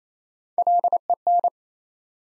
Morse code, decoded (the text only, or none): LEN